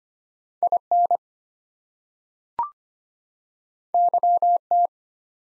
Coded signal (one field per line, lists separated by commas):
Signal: Morse code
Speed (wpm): 25 wpm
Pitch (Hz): 700 Hz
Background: none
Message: IN YT